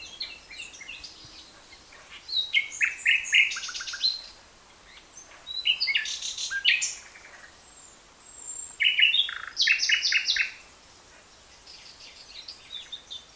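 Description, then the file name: Common nightingale song in three bursts of varied, high chirps, whistles and rapid repeated notes, separated by short pauses. "Luscinia megarhynchos"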